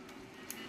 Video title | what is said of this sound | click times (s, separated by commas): ＜過譽還是真的很厲害？！＞ 萬惡B社團 RG勇者王／我王凱牙 REAL GRADE GAOGAIGAR 勇者王ガオガイガー 完全變形合體 | 咔一声之后呢，你的我王卡牙的眼睛就会刚好对到这 | 0.5 s